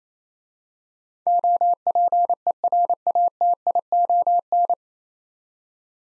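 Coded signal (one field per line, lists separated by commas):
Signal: Morse code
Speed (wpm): 28 wpm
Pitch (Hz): 700 Hz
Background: none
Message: OPERATION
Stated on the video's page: Morse practice drill of 9-letter words at 28 wpm for head-copy, each word sent twice.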